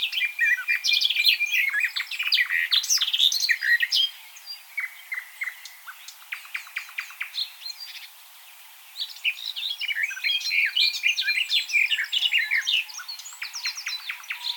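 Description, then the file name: Eurasian blackcap song: rapid, varied warbling phrases of scratchy and clearer notes, one burst of about four seconds, a quieter pause, then another long warbled passage. "Sylvia atricapilla"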